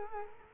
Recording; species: mosquito wingbeat signal from an infrared sensor; Culex quinquefasciatus